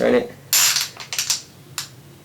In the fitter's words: you hear it click and it's secure it's not going anywhere